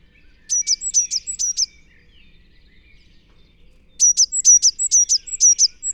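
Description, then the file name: Eurasian blue tit calling in two quick runs of sharp, very high piping notes, a shorter run and then a longer one, with a pause between them. "Cyanistes caeruleus"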